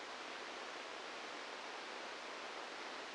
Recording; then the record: brain microelectrode recording played as sound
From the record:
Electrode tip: inside the subthalamic nucleus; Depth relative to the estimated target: -1 mm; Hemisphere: left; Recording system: NeuroSet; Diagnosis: Parkinson's disease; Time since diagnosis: 27 years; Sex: male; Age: 62 years